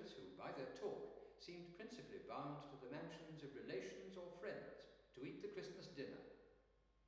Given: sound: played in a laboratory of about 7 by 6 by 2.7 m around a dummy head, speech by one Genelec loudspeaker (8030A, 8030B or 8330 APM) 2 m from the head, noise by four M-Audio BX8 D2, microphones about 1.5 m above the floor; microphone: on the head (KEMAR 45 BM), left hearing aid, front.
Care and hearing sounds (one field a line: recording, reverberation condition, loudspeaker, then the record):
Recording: male speech in English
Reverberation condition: high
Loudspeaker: 60 degrees to the left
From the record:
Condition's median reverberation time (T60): about 1300 ms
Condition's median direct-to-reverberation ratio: about -4.0 dB